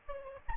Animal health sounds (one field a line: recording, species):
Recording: mosquito wingbeat signal from an infrared sensor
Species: Aedes albopictus